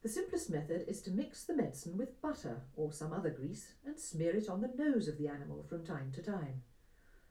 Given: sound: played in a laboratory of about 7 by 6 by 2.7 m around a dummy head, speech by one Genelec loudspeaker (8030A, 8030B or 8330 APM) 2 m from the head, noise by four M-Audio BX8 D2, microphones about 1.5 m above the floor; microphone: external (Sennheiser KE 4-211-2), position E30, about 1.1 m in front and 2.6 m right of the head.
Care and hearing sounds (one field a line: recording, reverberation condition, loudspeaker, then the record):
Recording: female speech in English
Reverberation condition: low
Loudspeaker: 60 degrees to the left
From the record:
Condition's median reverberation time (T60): about 310 ms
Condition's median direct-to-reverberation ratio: about 3.5 dB